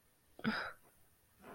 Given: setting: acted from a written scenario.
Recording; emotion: vocal sound without words; contempt